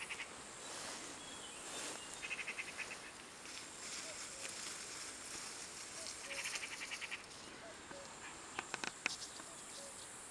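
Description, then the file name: Eurasian magpie rattling out two short, dry chattering bursts, with a few sharp clicks and constant background hiss. "Pica pica"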